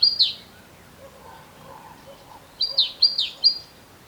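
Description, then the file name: Great tit calls: one sharp high note, then after a pause a quick run of several thin, descending high notes, over a quiet background. "Parus major"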